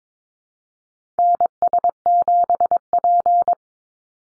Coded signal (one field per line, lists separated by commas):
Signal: Morse code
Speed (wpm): 22 wpm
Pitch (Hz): 700 Hz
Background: none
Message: NS7P